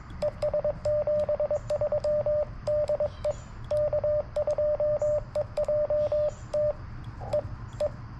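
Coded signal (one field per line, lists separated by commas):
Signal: Morse code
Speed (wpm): 22 wpm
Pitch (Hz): 600 Hz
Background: radio noise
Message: ES73DE K2EJT E E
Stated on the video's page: CW park activation (POTA) with an FX-4CR transceiver, TPIII key, and a Sporty Forty coil with 213-inch whip.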